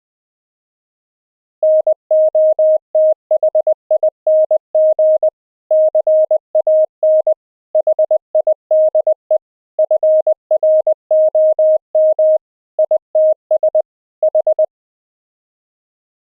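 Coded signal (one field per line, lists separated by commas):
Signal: Morse code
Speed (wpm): 20 wpm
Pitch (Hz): 620 Hz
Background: none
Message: NOTHING CAN HIDE FROM ITS H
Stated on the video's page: Morse audio sent over the internet via the AMR-NB codec at 12.2 kbps, with CW regeneration by a software sine oscillator applied to received audio.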